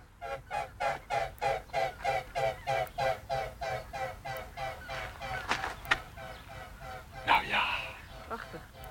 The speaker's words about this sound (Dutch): Ik weet niet of u thuis hoort. Oh, maar ganzen. Ja. Ganzen. Oh ja, daar heel hoog boven.